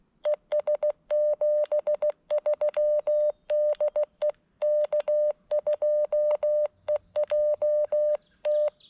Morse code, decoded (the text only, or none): ES 73 DE K2EJT